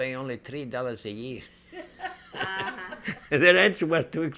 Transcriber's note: they laugh